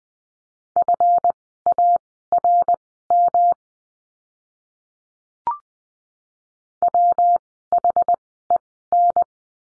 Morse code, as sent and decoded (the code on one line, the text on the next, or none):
..-. .- .-. -- / .-- .... . -.
FARM WHEN